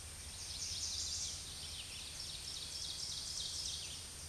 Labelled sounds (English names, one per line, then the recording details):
Ovenbird song
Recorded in a Pennsylvania forest on 16 May 2024 at 07:34
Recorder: AudioMoth, point MSD-2083
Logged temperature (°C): 16.7 °C
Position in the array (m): 169 m, -27 m